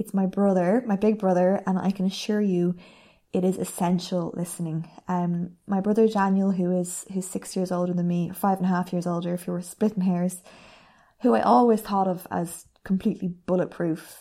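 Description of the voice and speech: One woman speaks clearly and warmly in a mid-range voice, with natural rises and falls in pitch and short pauses between phrases. There are no repeated sounds, blocks, prolongations or slurring. The speech is ordinary and fluent, without signs of a speech disorder.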